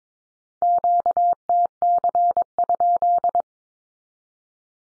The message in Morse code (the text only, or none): QTC?